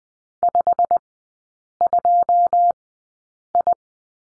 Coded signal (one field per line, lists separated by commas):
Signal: Morse code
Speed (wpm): 20 wpm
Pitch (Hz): 700 Hz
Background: none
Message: 52I